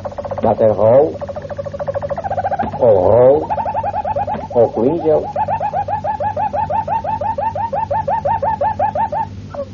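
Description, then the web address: Harz Roller canary singing deep, hollow rolls with several fluttering bursts, settling into a long, even run of repeated rolling notes. "canarios cantoharz"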